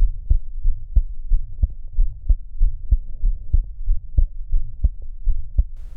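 Regular heart sounds at about 90 beats a minute, with a soft, low, faintly musical hum between beats, in a 19-year-old woman. This is a Still's murmur, one of the innocent murmurs common in healthy people that does not signal heart disease.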